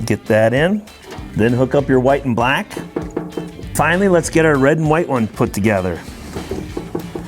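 Someone talks while handling the red and white wire harness plug on a Pit Boss grill, lining it up with the mating connector of the WiFi Smoke IT controller. Brief handling noises sound under the voice, and nothing has seated or clicked yet.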